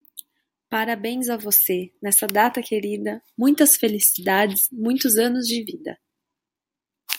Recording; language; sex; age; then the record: short text; Brazilian Portuguese; female; 20 to 29 years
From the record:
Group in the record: control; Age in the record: 27 years